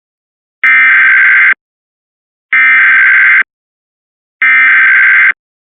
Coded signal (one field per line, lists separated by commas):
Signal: Emergency Alert System (SAME) tones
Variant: header bursts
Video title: EAS #50-51: Ohio December 2022 RMT on WTOV & West Virginia Child Abduction Emergency